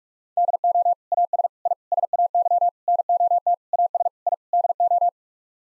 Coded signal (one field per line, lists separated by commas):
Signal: Morse code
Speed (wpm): 46 wpm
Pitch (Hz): 700 Hz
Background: none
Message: DO AS I SAY NOT AS I DO